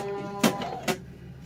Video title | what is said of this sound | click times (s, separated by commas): Arriving @ Camp - Sunseeker LE 2250SLE | This one is all snapped into place, so it's not going to move. | 0.4 s, 0.9 s